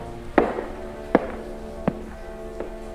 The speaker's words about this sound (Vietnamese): Thế nhưng chị bất giác hơi hoảng hốt, bởi vì chị cảm giác tiếng bước chân vẫn vọng vọng đâu đó.